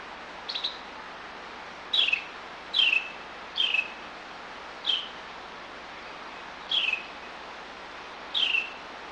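Bird calls: short, sharp chirps sliding downward, given singly at uneven gaps of about one to two seconds, seven in all, over a soft steady background hiss.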